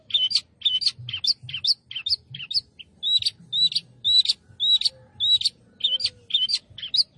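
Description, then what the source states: Long-tailed shrike song: short whistled, chirpy notes, often in quick pairs, repeated about twice a second with a faint low hum beneath. Singing lively, described with the Indonesian term gacor.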